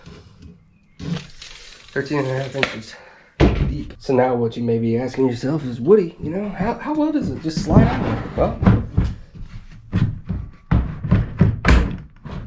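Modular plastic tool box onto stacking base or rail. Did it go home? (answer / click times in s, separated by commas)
yes / 11.7 s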